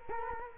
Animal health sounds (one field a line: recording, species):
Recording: mosquito wingbeat signal from an infrared sensor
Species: Culex quinquefasciatus